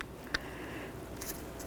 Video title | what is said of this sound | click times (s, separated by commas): How To Replace Front Brakes 2007-12 Dodge Caliber | i'll just take this i'm going to slide it right onto that lower corner and you should kind of hear it click in a little bit | 0.4 s